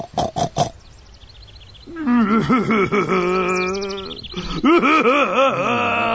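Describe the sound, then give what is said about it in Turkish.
A person cries and wails: a few short, choked sobs at first, then long, loud, quavering wails whose pitch wobbles up and down, breaking briefly before rising again. “Ağla tabii, ağla.”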